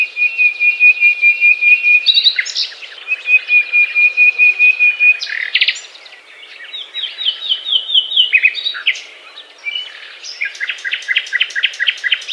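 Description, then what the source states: Nightingale singing, long pulsing piping trills, then varied phrases and rapid repeated notes. Song described as a love serenade.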